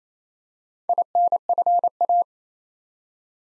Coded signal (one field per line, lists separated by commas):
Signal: Morse code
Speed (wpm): 27 wpm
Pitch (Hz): 700 Hz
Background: none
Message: INFA